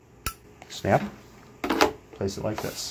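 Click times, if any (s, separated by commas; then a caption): 0.3 s. The coiled handset cord's modular plastic plug is pushed into the handset jack on the underside of a Yealink T40P desk phone and snaps into place with a sharp click at 0.3 s. Someone talks over the rest of the clip, and the plug is seated.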